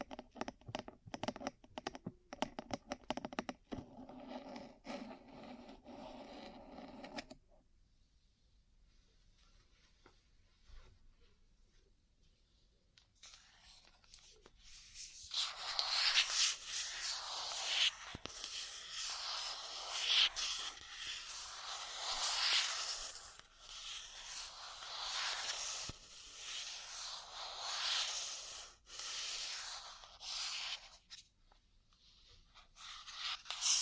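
Ear cleaning and massage sounds: the first seven seconds bring a rapid run of tapping, then a quiet stretch with scattered faint touches. From about fifteen seconds a dense, bright rubbing and scraping swells in and carries on, rising and falling, with occasional sharp taps through it.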